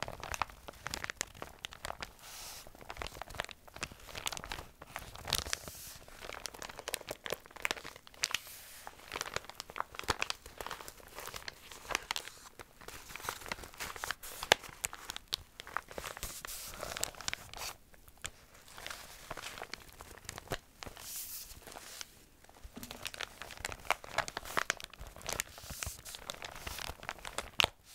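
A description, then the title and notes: Dense crinkling runs the whole way through, a constant stream of crisp, bright crackles and rustles with no pauses. The texture shifts between sharper tearing-like bursts and softer scrunching. Intense Tingly Crinkling Sounds.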